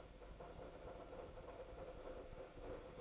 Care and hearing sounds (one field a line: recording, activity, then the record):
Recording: daily activity, microphone in the room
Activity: make coffee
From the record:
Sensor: 5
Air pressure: 1009.5 hPa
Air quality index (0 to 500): 169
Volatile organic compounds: 4 ppm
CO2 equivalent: 1637 ppm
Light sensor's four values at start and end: 94/248/101/107 and 94/248/101/107